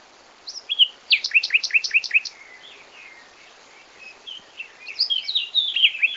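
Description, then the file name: Common nightingale song: a run of rapid repeated whistled notes, then soft low phrases and a burst of varied high chirping trills. "Luscinia megarhynchos"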